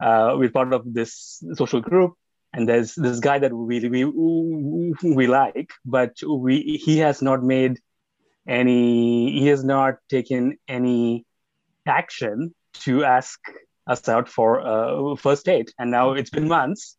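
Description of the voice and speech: Adult male speaking with a stutter he has had since an early age, heard as prolonged sounds and pauses within phrases.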